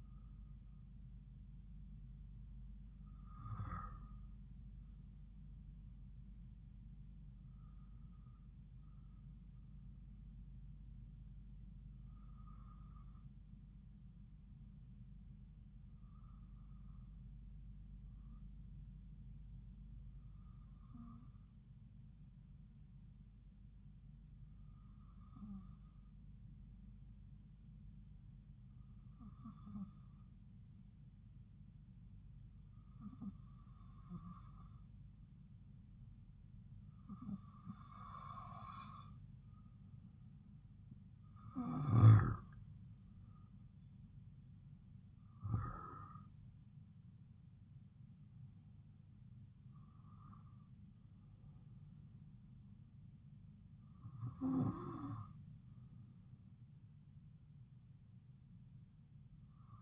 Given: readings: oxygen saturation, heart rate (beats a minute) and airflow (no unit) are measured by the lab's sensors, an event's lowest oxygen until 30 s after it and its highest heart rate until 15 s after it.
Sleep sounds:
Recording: breathing in sleep by a smartphone at the bedside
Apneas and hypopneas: 1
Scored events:
22.00-46.00 s: hypopnea (N2, oxygen 95% highest, then 93% lowest)
44.00-59.82 s: new sleep stage, N1 (lightest sleep)
From the record:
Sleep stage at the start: N2 (light sleep)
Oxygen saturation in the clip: 93 to 95%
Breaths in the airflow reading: 13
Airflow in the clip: -3.6 to 5.3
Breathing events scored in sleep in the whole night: 270 in 6.1 hours asleep

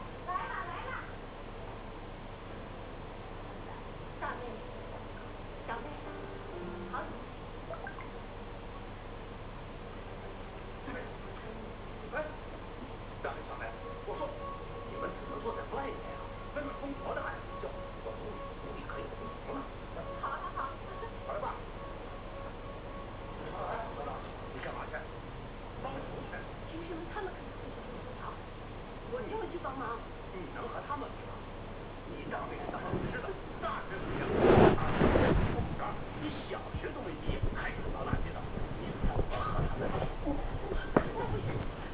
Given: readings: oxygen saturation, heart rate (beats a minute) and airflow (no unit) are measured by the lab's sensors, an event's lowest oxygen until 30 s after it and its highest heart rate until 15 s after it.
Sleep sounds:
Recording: a person awake in a sleep study, by a voice recorder at the bedside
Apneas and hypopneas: none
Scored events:
0.00-41.94 s: awake
From the record:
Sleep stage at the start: awake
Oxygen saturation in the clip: 93 to 94%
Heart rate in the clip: 60 to 75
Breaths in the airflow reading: 12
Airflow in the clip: -9.5 to 8.4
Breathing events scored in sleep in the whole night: 476 in 9.7 hours asleep

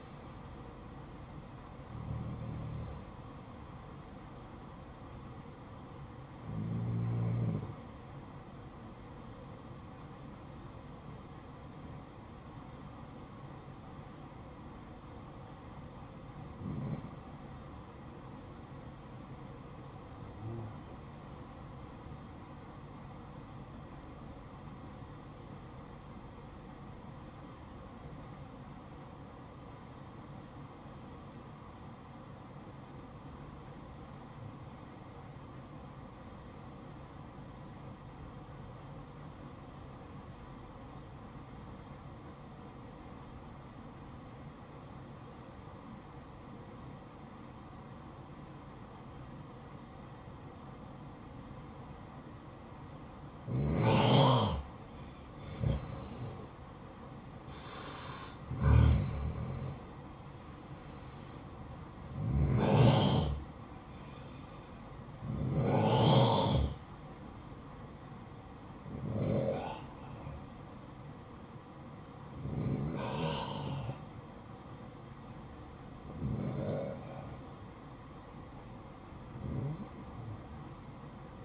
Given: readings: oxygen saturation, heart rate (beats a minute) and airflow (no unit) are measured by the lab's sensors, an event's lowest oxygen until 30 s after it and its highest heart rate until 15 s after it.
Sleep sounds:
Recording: breathing in sleep by a smartphone at the bedside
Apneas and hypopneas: 1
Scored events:
26.00-51.50 s: obstructive apnea (N1, oxygen 95% highest, then 90% lowest, heart rate 56 at the start, 62 highest)
From the record:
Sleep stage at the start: N1 (lightest sleep)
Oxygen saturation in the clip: 90 to 95%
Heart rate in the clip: 53 to 68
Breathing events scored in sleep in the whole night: 573 in 9.8 hours asleep

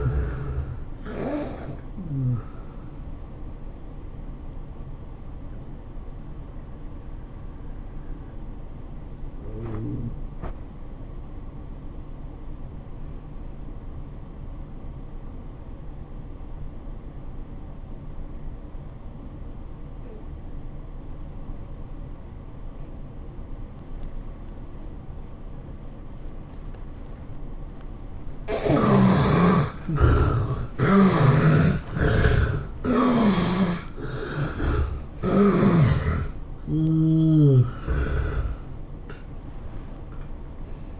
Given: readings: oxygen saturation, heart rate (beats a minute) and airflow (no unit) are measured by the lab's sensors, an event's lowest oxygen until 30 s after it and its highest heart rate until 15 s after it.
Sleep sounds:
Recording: breathing in sleep by a smartphone at the bedside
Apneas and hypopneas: 1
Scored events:
10.00-29.30 s: obstructive apnea (N1, oxygen 96% highest, then 71% lowest, heart rate 89 at the start, 107 highest)
13.00-41.00 s: new sleep stage, N2 (light sleep)
From the record:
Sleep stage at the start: N1 (lightest sleep)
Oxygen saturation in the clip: 73 to 96%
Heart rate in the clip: 82 to 108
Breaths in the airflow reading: 5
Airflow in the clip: -13.1 to 12.0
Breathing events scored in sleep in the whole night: 403 in 5.5 hours asleep

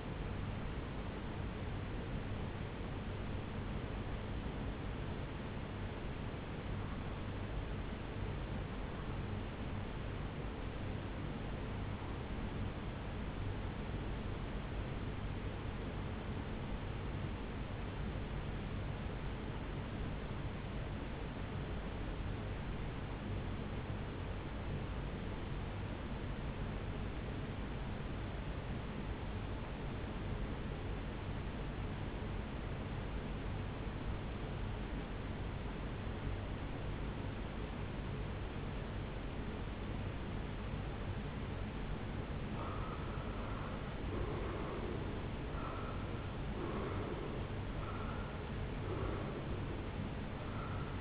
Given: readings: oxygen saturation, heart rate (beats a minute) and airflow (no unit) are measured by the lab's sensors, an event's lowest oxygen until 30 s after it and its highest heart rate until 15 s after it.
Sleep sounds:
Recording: breathing in sleep by a voice recorder at the bedside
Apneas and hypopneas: 1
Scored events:
5.00-43.30 s: hypopnea (REM, oxygen 97% highest, then 80% lowest, heart rate 62 at the start, 81 highest)
From the record:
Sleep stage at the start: REM sleep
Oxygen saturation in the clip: 82 to 97%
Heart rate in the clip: 61 to 81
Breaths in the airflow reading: 6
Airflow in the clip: -12.6 to 7.3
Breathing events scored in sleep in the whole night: 449 in 7.0 hours asleep

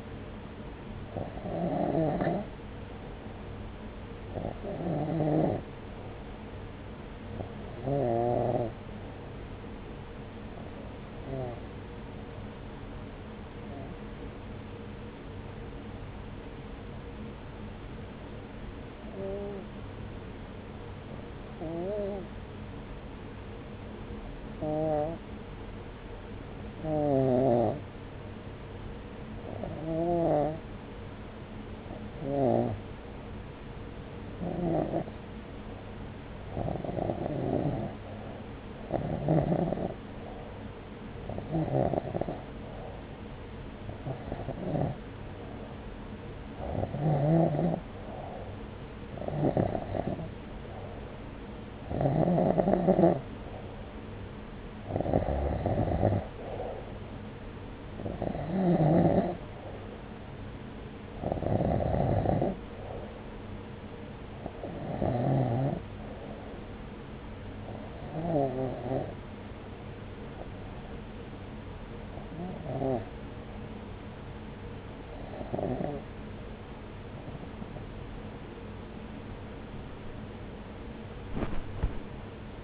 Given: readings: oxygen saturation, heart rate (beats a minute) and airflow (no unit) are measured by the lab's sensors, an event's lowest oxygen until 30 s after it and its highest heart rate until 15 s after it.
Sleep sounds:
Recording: breathing in sleep by a voice recorder at the bedside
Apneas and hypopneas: 1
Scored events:
8.00-48.30 s: hypopnea (REM, oxygen 95% highest, then 89% lowest, heart rate 67 at the start, 70 highest)
From the record:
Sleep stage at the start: REM sleep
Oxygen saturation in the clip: 89 to 95%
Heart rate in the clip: 65 to 71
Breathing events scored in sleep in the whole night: 303 in 8.1 hours asleep

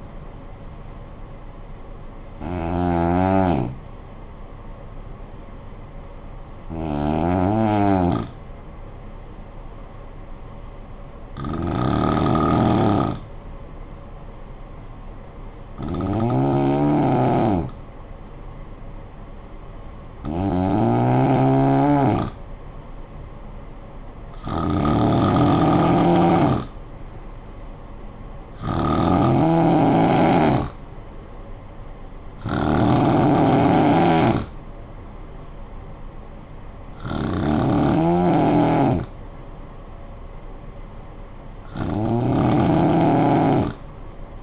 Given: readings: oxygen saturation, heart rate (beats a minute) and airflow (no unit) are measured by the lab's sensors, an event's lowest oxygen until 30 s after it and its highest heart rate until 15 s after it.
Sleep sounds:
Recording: breathing in sleep by a smartphone at the bedside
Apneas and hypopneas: 1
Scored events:
4.00-24.00 s: hypopnea (N2, oxygen 94% highest, then 91% lowest, heart rate 63 at the start, 63 highest)
From the record:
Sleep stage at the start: N2 (light sleep)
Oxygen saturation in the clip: 91 to 94%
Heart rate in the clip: 50 to 69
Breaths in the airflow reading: 10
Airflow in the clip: -7.4 to 7.1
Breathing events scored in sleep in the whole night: 445 in 7.6 hours asleep

